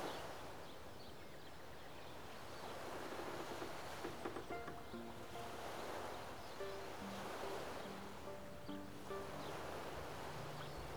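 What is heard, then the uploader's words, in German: Water laps steadily at the edge of a lake, a dense, even wash with gentle swells throughout. From about four seconds on, short held tones come and go in the middle range, likely calls or whistles, repeating irregularly until the end. Am Rande eines kanadischen Sees.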